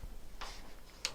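A tight-fitting molded polymer butt stock is pushed onto a rifle's buffer tube while the adjustment latch is held pulled down. A broader scraping burst near 0.4 s precedes a sharp snap at 1.1 s as the stock seats on the tube.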